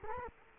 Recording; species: mosquito wingbeat signal from an infrared sensor; Culex quinquefasciatus